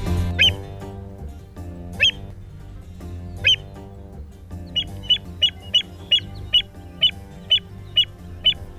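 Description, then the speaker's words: American Avocet calls: sharp high piping notes, a few spaced ones at first, then a quick run of about ten repeated calls, over a low background hum. "Here's the sound of an American avocet."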